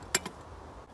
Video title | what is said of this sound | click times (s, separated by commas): Stanley Adventure Two Cup Cookset Review | when folded it will lock into place preventing the lid and cups | 0.1 s